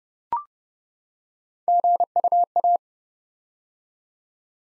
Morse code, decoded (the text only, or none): GUA